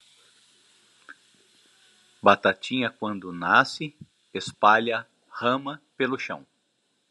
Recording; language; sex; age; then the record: short text; Brazilian Portuguese; male; 50 to 59 years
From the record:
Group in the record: control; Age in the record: 54 years